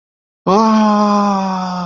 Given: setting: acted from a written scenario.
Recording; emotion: vocal sound without words; awe